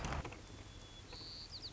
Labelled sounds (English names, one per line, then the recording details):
White-crowned Sparrow
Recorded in Sonoma County, California